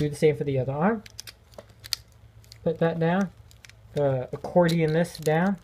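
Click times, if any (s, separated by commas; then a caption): none. Someone talks while handling the plastic limb or body section of a transforming robot figure, folding it down into position during conversion, with small sharp plastic clicks and taps between phrases. The section is handled but not yet home: nothing has seated or clicked into its locked position yet.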